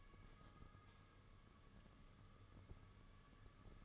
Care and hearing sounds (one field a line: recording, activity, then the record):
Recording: daily activity, microphone in the room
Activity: light off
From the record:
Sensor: 4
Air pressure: 995.3 hPa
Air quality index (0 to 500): 211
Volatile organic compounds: 228 ppm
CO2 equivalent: 4298 ppm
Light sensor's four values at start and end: 9/21/8/10 and 9/21/8/10